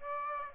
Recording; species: mosquito wingbeat signal from an infrared sensor; Aedes aegypti